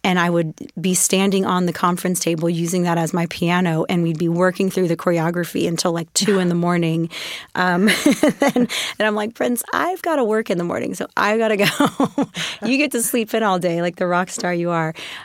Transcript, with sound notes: And I would be standing on the conference table, using that as my piano, and we'd be working through the choreography until, like, 2 in the morning (laughter). Then I'm like, Prince, I've got to work in the morning, so I've got to go. You get to sleep in all day, like the rock star you are.